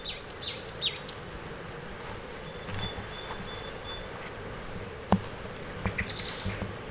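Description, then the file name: Marsh tit giving a short series of high, down-slurred notes at the start, followed by background noise and a few faint sounds. "Poecile palustris"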